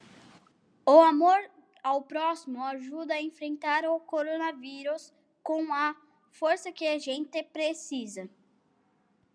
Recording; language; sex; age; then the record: spoken sentence; Brazilian Portuguese; male; 40 to 49 years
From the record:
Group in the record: control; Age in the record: 45 years